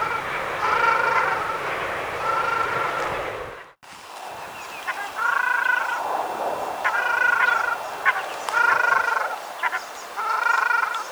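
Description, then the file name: Ruddy shelduck giving nasal, harmonic honks in drawn-out bursts, repeated several times with short gaps, over a steady background hiss and a brief break in sound. "ogar golos"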